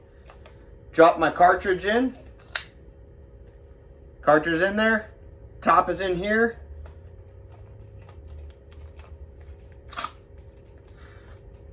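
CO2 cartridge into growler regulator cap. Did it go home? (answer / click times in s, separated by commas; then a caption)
yes / 9.9 s. A CO2 cartridge is dropped into the regulator cap of a 128 oz Growler Werks growler, and the cap is screwed down clockwise while someone talks. A sharp tick sounds at about 2.6 s, then a short, bright pop at 9.9 s as the pin pierces the cartridge. Further tightening seals it, and the cartridge is opened and seated.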